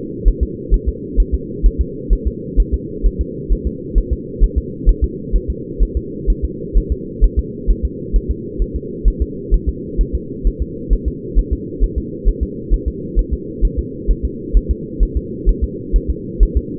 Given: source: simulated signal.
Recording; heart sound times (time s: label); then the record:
fetal heart sounds
0.28 s: S1
0.43 s: S2
0.74 s: S1
0.89 s: S2
1.20 s: S1
1.34 s: S2
1.66 s: S1
1.81 s: S2
2.13 s: S1
2.27 s: S2
2.60 s: S1
2.74 s: S2
3.06 s: S1
3.21 s: S2
3.53 s: S1
3.67 s: S2
3.98 s: S1
4.13 s: S2
4.44 s: S1
4.58 s: S2
4.89 s: S1
5.04 s: S2
5.36 s: S1
5.50 s: S2
5.83 s: S1
5.97 s: S2
6.30 s: S1
6.45 s: S2
6.77 s: S1
6.92 s: S2
7.24 s: S1
7.39 s: S2
7.70 s: S1
7.85 s: S2
8.16 s: S1
8.31 s: S2
8.62 s: S1
8.76 s: S2
9.08 s: S1
9.22 s: S2
9.54 s: S1
9.69 s: S2
10.01 s: S1
10.15 s: S2
10.47 s: S1
10.62 s: S2
10.93 s: S1
11.08 s: S2
11.39 s: S1
11.53 s: S2
11.84 s: S1
11.98 s: S2
12.28 s: S1
12.43 s: S2
12.73 s: S1
12.88 s: S2
13.19 s: S1
13.34 s: S2
13.65 s: S1
13.79 s: S2
14.11 s: S1
14.25 s: S2
14.57 s: S1
14.71 s: S2
15.03 s: S1
15.17 s: S2
15.49 s: S1
15.64 s: S2
15.96 s: S1
16.10 s: S2
16.43 s: S1
16.57 s: S2
From the record:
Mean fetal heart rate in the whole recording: 130 bpm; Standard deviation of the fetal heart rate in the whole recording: 2 bpm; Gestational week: 36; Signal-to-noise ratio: -4.1 dB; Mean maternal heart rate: no maternal heart sound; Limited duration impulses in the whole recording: absent